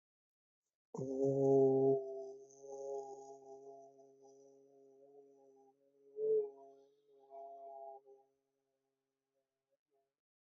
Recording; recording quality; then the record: sustained vowel as in boot; excellent, no background noise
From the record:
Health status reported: healthy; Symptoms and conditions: none ticked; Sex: male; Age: 30 years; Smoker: not ticked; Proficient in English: yes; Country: India